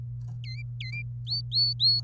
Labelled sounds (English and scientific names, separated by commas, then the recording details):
Domestic Canary (Serinus canaria) song
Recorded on 27 April 2018 at 10:03
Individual llb3